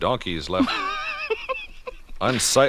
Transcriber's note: laughs